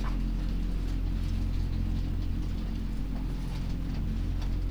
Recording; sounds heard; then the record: poultry house recording; sick chickens (respiratory disease)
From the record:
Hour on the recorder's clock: 23